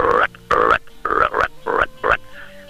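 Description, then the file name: Frog croaking: six short, harsh croaks in quick succession. "granotes"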